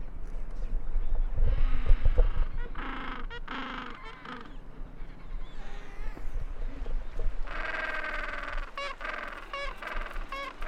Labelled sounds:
Gentoo Penguin call

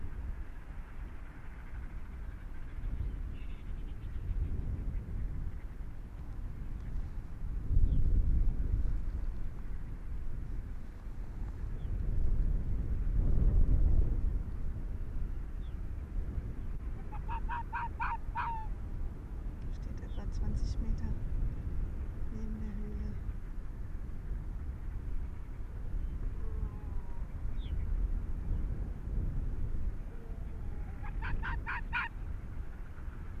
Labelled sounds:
Arctic Fox

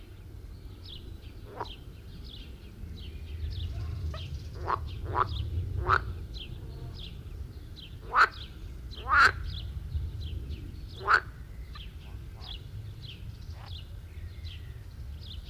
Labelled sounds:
Edible Frog call

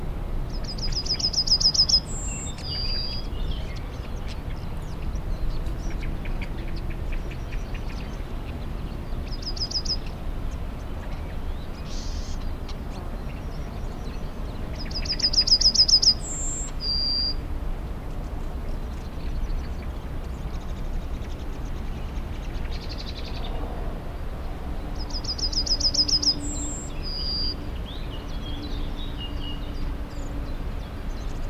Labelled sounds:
Yellowhammer

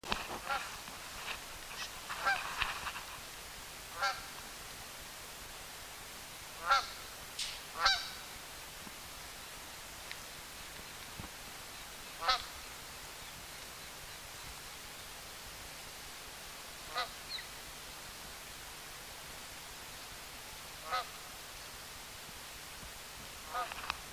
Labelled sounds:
Canada Goose flight call

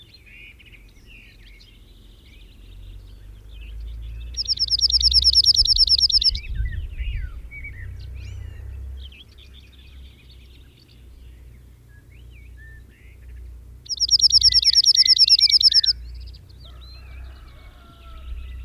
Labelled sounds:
Cirl Bunting song

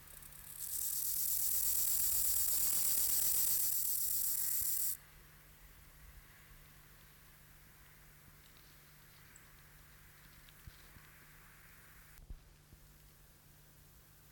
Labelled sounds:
Rufous Grasshopper stridulation

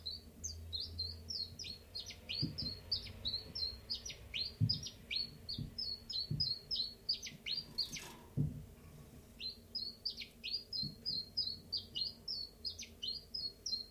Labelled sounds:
Common Chiffchaff

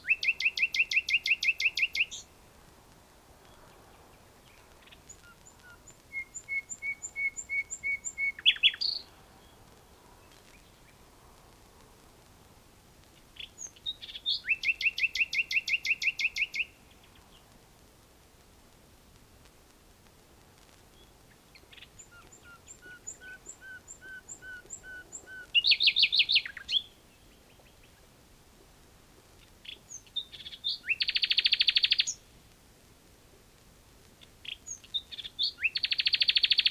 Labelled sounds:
Common Nightingale song

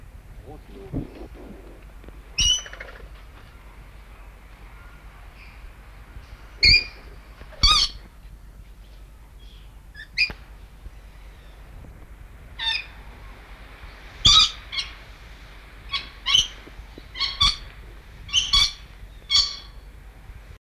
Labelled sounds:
Red Lory call

